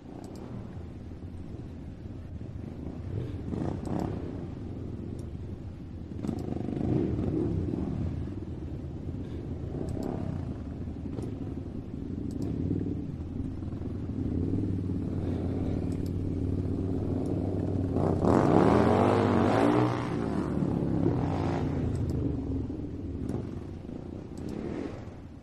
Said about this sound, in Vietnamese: Tiếng động cơ nổ lớn vang lên trong con ngõ nhỏ, khuấy động nguyên cả một góc. Hai chiếc xe phân khối lớn cũng đã sẵn sàng để bắt đầu thực hiện chuyến đi phượt lần này.